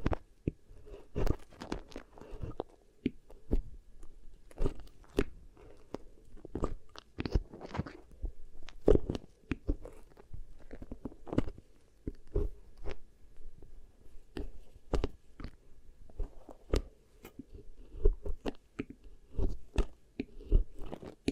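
Beeswax ear triggers: a stream of sharp sticky clicks and crackles, irregular and fairly dense, several per second throughout. Brief bright snaps stand out among softer squishing textures, with a faint low hum underneath and no pauses.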